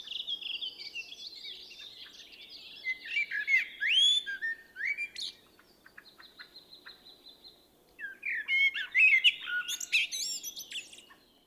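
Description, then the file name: Common blackbird song: low fluted warbling phrases ending in high squeaky twitters, two bursts separated by a pause, with high trilling from another bird in the gap. "Turdus merula"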